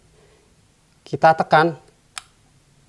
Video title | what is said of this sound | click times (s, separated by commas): MILWAUKEE M18 FUEL 2723-20 COMPACT ROUTER | bunyi klik artinya dia sudah terkunci tinggal Anda buka atau | 2.2 s